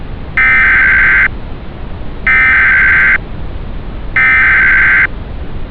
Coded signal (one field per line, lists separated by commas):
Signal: Emergency Alert System (SAME) tones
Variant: header bursts